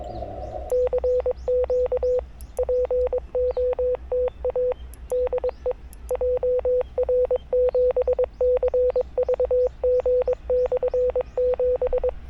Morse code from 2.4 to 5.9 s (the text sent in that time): POTA DE